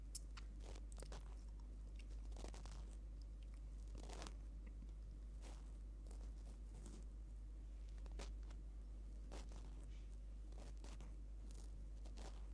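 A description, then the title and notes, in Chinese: Ear picking: scratchy, crunchy rustles crackle at irregular intervals, roughly every half second to second, with louder scrapes near 2.5, 4 and 8 seconds. Beneath them sit a steady deep hum and a dense low rumble that never let up. 掏完耳朵。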